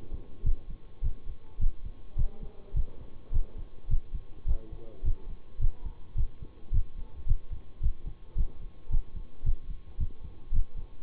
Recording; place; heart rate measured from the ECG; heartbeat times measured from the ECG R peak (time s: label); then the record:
heart sounds by stethoscope; between the tricuspid and mitral areas; 107 bpm
0.44 s: heartbeat
1.02 s: heartbeat
1.59 s: heartbeat
2.16 s: heartbeat
2.74 s: heartbeat
3.32 s: heartbeat
3.88 s: heartbeat
4.46 s: heartbeat
5.03 s: heartbeat
5.59 s: heartbeat
6.15 s: heartbeat
6.72 s: heartbeat
7.26 s: heartbeat
7.81 s: heartbeat
8.36 s: heartbeat
8.90 s: heartbeat
9.44 s: heartbeat
9.98 s: heartbeat
10.52 s: heartbeat
From the record:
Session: bicycle stress test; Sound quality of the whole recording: good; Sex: male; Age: 26 years